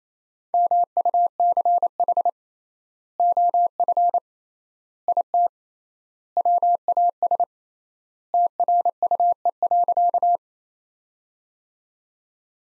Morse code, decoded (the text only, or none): MUCH OF IT WAS TRUE.